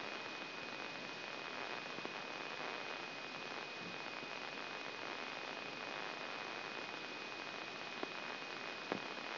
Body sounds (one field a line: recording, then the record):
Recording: brain microelectrode recording played as sound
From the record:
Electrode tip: inside the subthalamic nucleus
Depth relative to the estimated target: -2 mm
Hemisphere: left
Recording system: AlphaMap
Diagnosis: Parkinson's disease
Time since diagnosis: 16 years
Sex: male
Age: 60 years